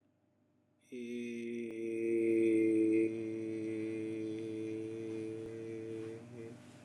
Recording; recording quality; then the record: sustained vowel as in made; excellent, no background noise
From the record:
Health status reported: COVID-19 positive, mild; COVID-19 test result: positive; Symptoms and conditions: breathing difficulty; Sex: male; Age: 47 years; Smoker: not ticked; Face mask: worn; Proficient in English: yes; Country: India